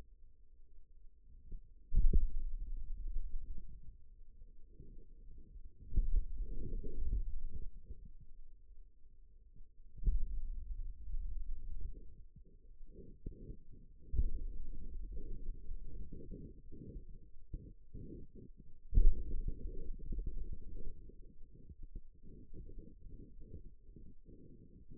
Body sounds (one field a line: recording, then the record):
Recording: forearm muscle sounds (acoustic myography)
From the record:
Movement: finger pinch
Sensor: system 2, bracelet of six BSWA MPA416 microphones around the upper forearm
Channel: 4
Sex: male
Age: 22 years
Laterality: right